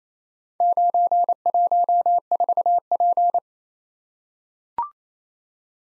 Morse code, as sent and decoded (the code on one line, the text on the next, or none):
----. .---- ....- .--.
914P